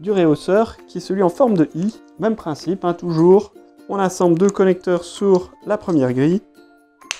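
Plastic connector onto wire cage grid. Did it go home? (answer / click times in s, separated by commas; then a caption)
yes / 7.1 s. A plastic connector is pushed onto the wire bars of a metal grid panel for the I-shaped leg of the riser on a KAVEE 6x2 cavy cage. Someone talks through most of the clip, and then a sharp click comes at 7.1 s as the connector seats onto the grid.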